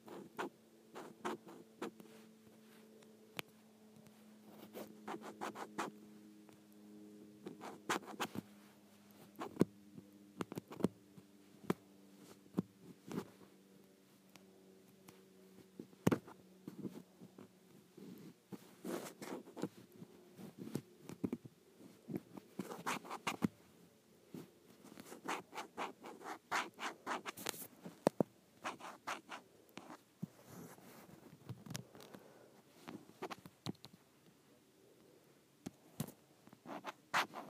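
Scraping along an iPad case comes in quick irregular scratches and clicks throughout, over a low steady hum that fades after twenty seconds.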